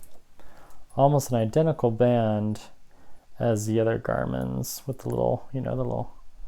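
A spare quick-release smartwatch band with a quick-fit latch is handled near a Garmin Tactix Delta Solar's lugs while someone talks over it. Two faint, brief ticks occur near 0.0 and 0.4 seconds. The band has not yet clicked or seated into the watch.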